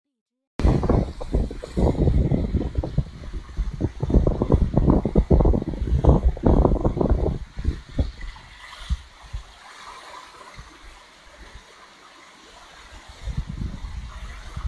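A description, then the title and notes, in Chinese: Mountain stream water before dawn. For the first seven seconds, heavy, churning low surges come in quick, irregular bursts. The sound then falls away to a soft, thin hiss, with a gentle low swell returning near the end. 送你们一点凌晨山里的流水声。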